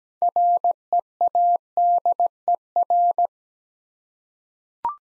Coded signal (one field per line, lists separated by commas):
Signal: Morse code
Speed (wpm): 17 wpm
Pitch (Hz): 700 Hz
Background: none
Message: READER